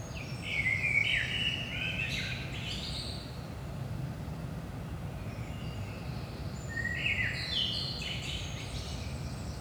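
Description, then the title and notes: Common blackbird producing two warbled phrases with buzzy high twittering endings, separated by a pause of several seconds, over a low continuous rumble. Blackbird at 5 am, early morning, in Saint-Gilles, Belgium; recorded with DPA 4060 microphones in AB position into a Zoom F3. "Saint-Gilles, Belgique - 5am Blackbird. Blackbird in the morning. Merle au petit matin"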